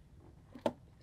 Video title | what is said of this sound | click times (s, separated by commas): EVANNEX Water Pump DIY Installation For Tesla Model 3 - Pierburg OEM Replacement | When you go to install this, you should be able to hear an audible click of the O-ring seating | 0.7 s